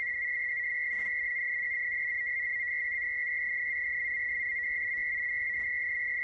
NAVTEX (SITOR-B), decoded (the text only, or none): TO THE N AND W OF ORKNEY, MOD OR ROUGH,